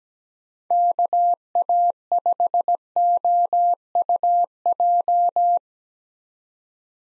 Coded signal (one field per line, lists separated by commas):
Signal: Morse code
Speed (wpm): 17 wpm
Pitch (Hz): 700 Hz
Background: none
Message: KA5OUJ